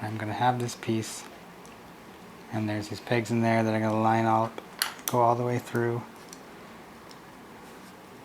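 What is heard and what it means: A plastic model kit piece for a torso assembly is handled and lined up with pegs that go all the way through. Someone talks while faint taps sound near 6.3 and 8.3 seconds. Nothing has seated or clicked yet.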